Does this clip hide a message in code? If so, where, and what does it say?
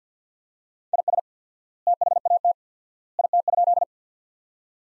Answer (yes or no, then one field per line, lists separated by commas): yes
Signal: Morse code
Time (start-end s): 0.9-3.8 s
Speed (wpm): 46 wpm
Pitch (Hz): 700 Hz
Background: none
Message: IS THAT IT?